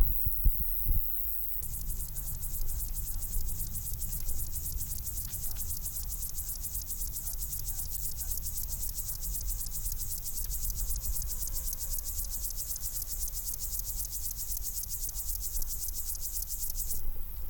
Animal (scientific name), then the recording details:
Chorthippus apricarius. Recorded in the wild. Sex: male. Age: imago. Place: Botanische Anlage Blankenfelde, Berlin, DE. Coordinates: 52.603, 13.4. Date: 1996-08-24 13:24. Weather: heiter, teilweise Gewitter, 24°C. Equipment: Sony MD-WM MZ-R3, Sennheiser ME 80, Kopie Uher 4000 Report Monitor. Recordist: Tembrock, Günter